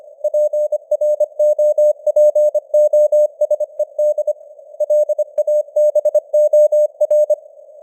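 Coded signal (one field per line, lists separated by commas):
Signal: Morse code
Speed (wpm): 25 wpm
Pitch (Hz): 600 Hz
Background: none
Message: PROPOSED LABOR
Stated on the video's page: Computer-generated Morse news headlines at 25 wpm with simulated radio noise and varying signal strength (QSB).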